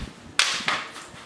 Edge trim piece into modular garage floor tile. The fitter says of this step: you'll hear them click